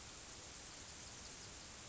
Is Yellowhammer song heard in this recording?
no